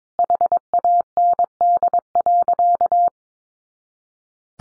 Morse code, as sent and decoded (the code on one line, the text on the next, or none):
.... .- -. -.. .-.-.-
HAND.